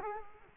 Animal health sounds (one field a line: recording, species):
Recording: mosquito wingbeat signal from an infrared sensor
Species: Culex quinquefasciatus